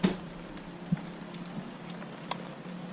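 On a Yamaha F115 outboard motor during its 100-hour maintenance, the ignition coil or plug cap is pushed back onto a new spark plug that was hand-tightened a quarter turn. A short thump at 0.1 s and a soft low knock near 0.9 s sit over a steady low hum, then a sharp, bright click at 2.3 s. The cap has clicked in and is seated on the plug.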